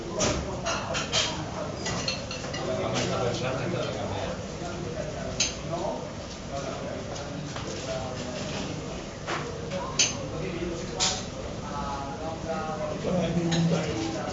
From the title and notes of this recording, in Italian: In un bar di Barcellona. L’esotico cicalecchio di un bar di Barcelona.